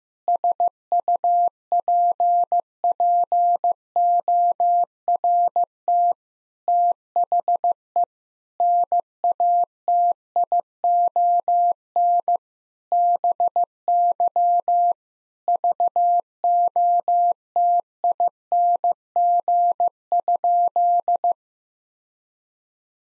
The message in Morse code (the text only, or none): SUPPORT THE NATION BY VOTING?